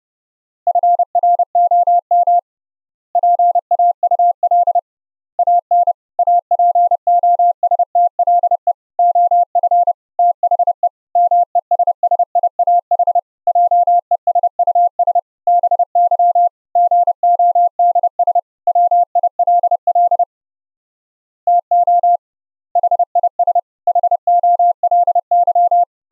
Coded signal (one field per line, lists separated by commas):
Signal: Morse code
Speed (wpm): 30 wpm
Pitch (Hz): 700 Hz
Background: none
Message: FROM PAUL AN APOSTLE OF THE MESSIAH JESUS BY GODS WILL TO HIS HOLY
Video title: send Morse Code Audio over the Internet using FFMPEG and the OPUS CODEC - LIVE demo